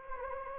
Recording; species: mosquito wingbeat signal from an infrared sensor; Anopheles gambiae